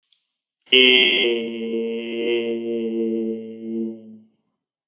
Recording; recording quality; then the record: sustained vowel as in made; excellent, no background noise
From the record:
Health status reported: healthy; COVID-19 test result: negative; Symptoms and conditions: none ticked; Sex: male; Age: 47 years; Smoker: not ticked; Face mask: not worn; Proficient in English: yes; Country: India